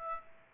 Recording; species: mosquito wingbeat signal from an infrared sensor; Aedes aegypti